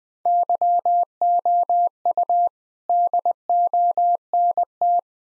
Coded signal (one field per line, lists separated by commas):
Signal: Morse code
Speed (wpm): 20 wpm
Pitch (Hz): 700 Hz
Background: none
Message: YOU DONT